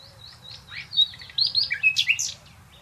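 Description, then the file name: Common nightingale song: a few soft whistles building into a brief burst of loud, varied chirps and notes. "Luscinia megarhynchos"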